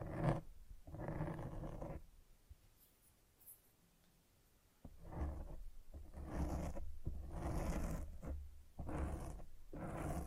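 A microphone being scratched and rubbed, in rough bursts separated by quiet gaps. A burst runs from about one to two seconds, then a long lull until near five, after which scratching comes in dense, grainy strokes with brief breaks until the end.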